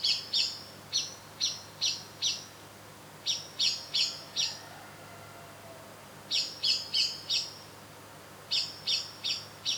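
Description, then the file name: Eurasian blackbird giving a long, uneven series of sharp, high chinking notes in loose groups, with a faint lower sliding sound in the background. "Turdus merula"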